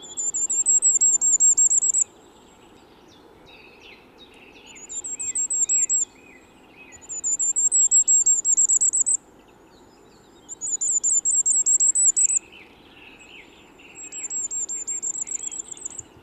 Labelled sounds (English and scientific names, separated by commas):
Common Firecrest (Regulus ignicapilla) song